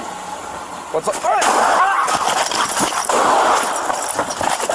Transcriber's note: gun firing